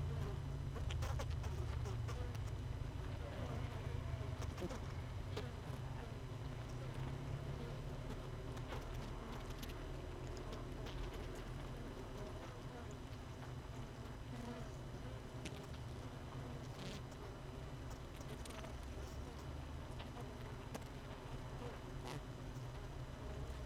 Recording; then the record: honeybee colony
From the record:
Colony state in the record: missing queen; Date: 31 May 2018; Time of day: 16:34